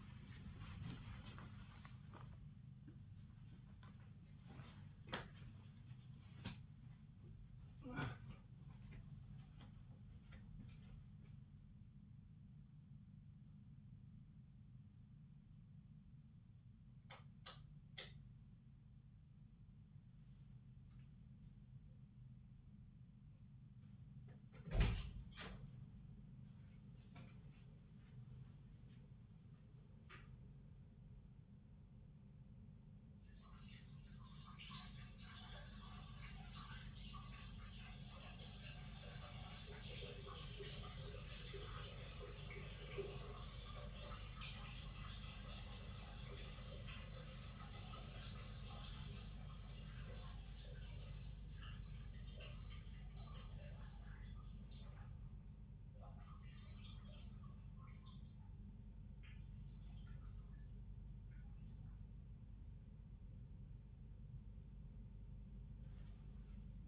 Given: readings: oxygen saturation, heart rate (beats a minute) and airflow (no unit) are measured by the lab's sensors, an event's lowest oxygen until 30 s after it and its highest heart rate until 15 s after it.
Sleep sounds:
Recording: a person awake in a sleep study, by a smartphone at the bedside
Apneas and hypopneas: none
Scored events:
0.00-66.88 s: awake
From the record:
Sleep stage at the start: awake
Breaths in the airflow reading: 24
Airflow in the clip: -0.6 to 0.8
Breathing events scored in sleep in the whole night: 270 in 6.1 hours asleep

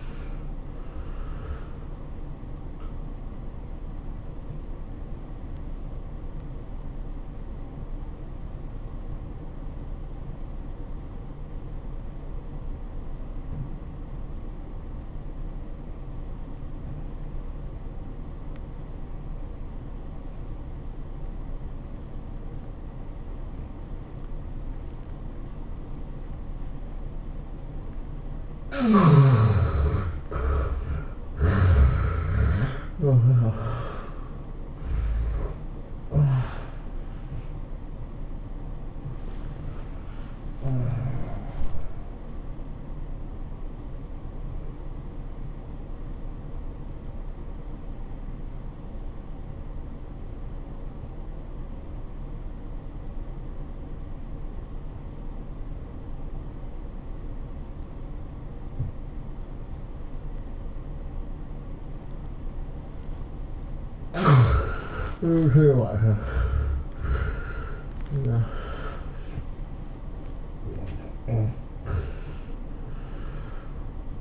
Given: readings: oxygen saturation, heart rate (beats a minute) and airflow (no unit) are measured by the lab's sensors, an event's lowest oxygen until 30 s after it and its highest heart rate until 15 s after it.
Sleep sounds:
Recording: breathing in sleep by a smartphone at the bedside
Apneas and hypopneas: 2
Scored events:
6.00-30.80 s: obstructive apnea (N2, oxygen 95% highest, then 70% lowest, heart rate 97 at the start, 109 highest)
8.00-38.00 s: new sleep stage, N1 (lightest sleep)
38.00-68.00 s: new sleep stage, N2 (light sleep)
44.00-65.40 s: obstructive apnea (N2, oxygen 94% highest, then 75% lowest, heart rate 106 at the start, 111 highest)
68.00-74.21 s: new sleep stage, N1 (lightest sleep)
From the record:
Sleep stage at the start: N2 (light sleep)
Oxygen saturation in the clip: 70 to 95%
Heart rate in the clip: 82 to 111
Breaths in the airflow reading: 9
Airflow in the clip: -14.3 to 20.7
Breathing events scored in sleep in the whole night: 403 in 5.5 hours asleep

